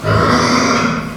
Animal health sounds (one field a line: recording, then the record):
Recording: squeal of a Yucatan mini pig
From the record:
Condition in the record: after surgery on the right vocal fold (resection and tissue-engineered implant)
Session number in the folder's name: 15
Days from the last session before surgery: 175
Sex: female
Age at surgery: 19 weeks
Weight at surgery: 25 kg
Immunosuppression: prednisolone